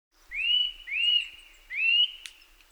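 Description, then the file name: Eurasian nuthatch calls: three clear, slightly rising whistled notes, each about half a second long, given in quick succession, with a brief click near the end. "Sitta europaea"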